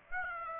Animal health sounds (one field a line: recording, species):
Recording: mosquito wingbeat signal from an infrared sensor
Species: Aedes aegypti